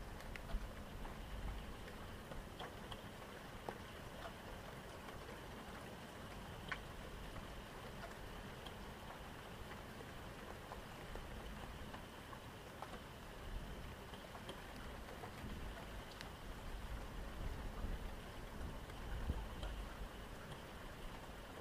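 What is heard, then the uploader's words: Steady rain falls in a garden, a dense, even patter with scattered sharper drips landing every second or so. A low rumble runs underneath throughout, like traffic, and a faint high whine holds steady in the background. One calming moment of rain recorded from a garden in Derbyshire. Rainy Sounds of a Derbyshire Garden.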